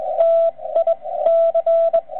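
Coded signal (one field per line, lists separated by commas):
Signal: Morse code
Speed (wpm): 20 wpm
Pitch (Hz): 660 Hz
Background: radio noise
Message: TIC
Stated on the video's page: Ragchew on 80 m using straight keys and bugs, received on ICOM IC-746 Pro and recorded with an RCA pocket voice recorder.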